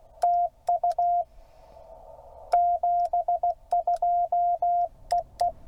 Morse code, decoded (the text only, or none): TU 72EE